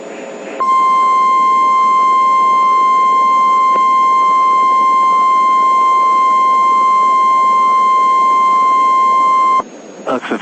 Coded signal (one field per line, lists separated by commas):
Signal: Emergency Alert System (SAME) tones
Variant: 1050 Hz attention tone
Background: speech